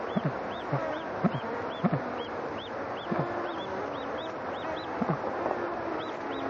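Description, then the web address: Bar-headed goose calls, short low nasal honks scattered throughout beneath a steady run of high arched squeaky notes and background hubbub. "wroblowe ptaki anser indicus"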